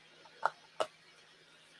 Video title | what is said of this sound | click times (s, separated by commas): Hang Out... while I do stuff! | we make sure it clicks in don't | 0.5 s, 0.8 s